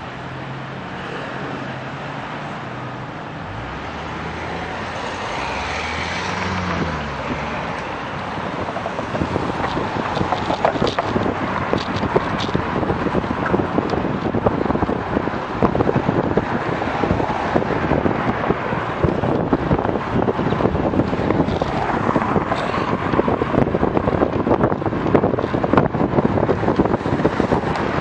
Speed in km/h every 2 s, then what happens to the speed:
0, 6, 10, 16, 19, 21, 23, 25, 26, 27, 28, 29, 29, 30.
0-15 pulls away to 26. 15-28 steady at about 28.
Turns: none.